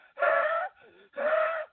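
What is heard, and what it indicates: Two loud whistling breaths with a softer one between, an adult man imitating his own wheezing from labored breathing, so short of breath he could not talk.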